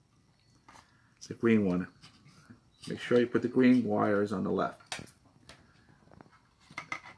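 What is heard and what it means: A small plastic wire connector from a Hubsan X4 Desire H502E quadcopter, with its green wire on the left, is pushed into its socket on the GPS board. Someone talks, then there are a few soft ticks and taps. A sharp click at 6.9 s marks the connector seating in place.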